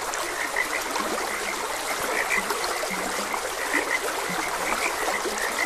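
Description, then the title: Frogs chirping in a busy chorus, with a few deeper, short croaks scattered through it, all over continuously running stream water. Frogs croaking beside a gentle stream. "Gentle Stream and Frogs Croaking"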